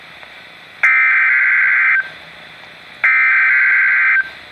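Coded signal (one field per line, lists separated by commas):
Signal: Emergency Alert System (SAME) tones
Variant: header bursts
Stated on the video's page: Tropical Storm Warnings from NOAA Weather Radio, recorded with a Samsung Galaxy S III phone.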